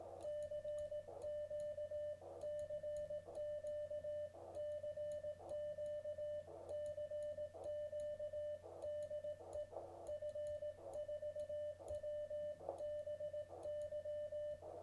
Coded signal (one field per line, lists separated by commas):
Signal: Morse code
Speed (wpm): 17 wpm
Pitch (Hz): 600 Hz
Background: radio noise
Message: CQ CQ CQ CQ DE F4WBY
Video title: Radio Prepper Site News November 2023.